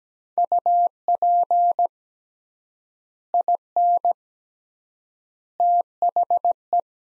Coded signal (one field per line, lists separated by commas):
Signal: Morse code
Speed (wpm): 17 wpm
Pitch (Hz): 700 Hz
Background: none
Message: UP IN THE